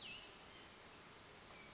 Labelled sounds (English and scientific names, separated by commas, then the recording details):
Cassin's Vireo (Vireo cassinii)
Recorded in Sonoma County, California